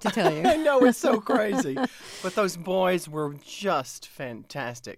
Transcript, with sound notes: I know. It's so crazy.
(SOUNDBITE OF LAUGHTER)
But those boys were just fantastic